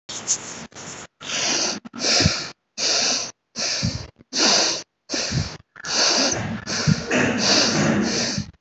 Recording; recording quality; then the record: shallow breathing; moderate, slight background noise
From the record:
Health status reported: healthy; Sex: male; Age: 27 years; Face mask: not worn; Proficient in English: yes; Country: India